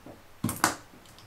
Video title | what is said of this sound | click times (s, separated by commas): Build a Gaming PC - 2012 | There's the click. | 0.6 s